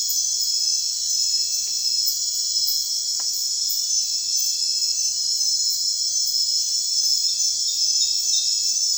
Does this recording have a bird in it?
no